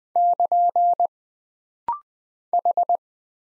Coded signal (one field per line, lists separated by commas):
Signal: Morse code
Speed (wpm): 20 wpm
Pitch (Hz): 700 Hz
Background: none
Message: <KN> H